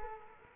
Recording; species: mosquito wingbeat signal from an infrared sensor; Culex quinquefasciatus